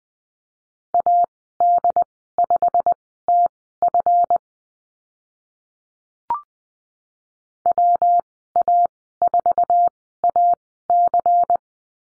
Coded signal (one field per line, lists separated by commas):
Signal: Morse code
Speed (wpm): 20 wpm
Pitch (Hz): 700 Hz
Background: none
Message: AD5TF WA4AC